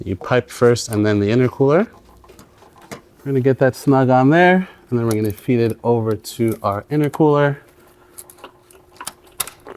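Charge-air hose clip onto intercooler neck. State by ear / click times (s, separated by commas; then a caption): seated / 9.4 s. On a 2011–2015 VW Mk6 Golf/Jetta TDI with DSG, a turbo/charge-air hose with plastic spring clips is fed onto the pipe and then pushed onto the intercooler neck while someone talks. Soft clicks and taps come near the end, with a sharp click at 9.4 s as the clips snap over the lip and lock onto the intercooler, seating the hose.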